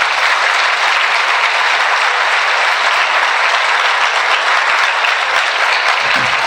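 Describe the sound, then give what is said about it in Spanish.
Steady, loud audience applause fills the whole stretch, a dense crackle of many hands clapping at once without any break or audible voices, at a municipal public accountability session in Nemocón. “Parecía no haber como el deseo y la intención de conocer el estado en el que se encuentra la ciudad, pero con asistencias como esta, lo primero que yo puedo pedir es un fuerte aplauso para ustedes mismos.”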